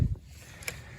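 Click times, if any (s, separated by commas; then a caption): 0.7 s. The telescoping pull handle of a Mac Sports WTCX extended collapsible folding utility wagon is turned to extend it. A low thump opens the clip, and a sharp, short click at 0.7 s follows a brief rise at 0.6 s as the handle extension locks in place.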